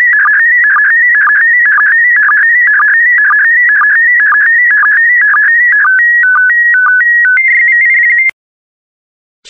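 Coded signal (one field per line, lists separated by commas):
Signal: SSTV (slow-scan television)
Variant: PD120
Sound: warbling tone around 1.5-2.3 kHz with regular short low blips, ends abruptly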